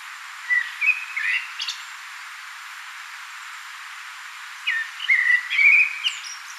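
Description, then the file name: Common blackbird giving two melodious whistled phrases with squeaky high flourishes, separated by a quiet gap of about three seconds. "Turdus merula"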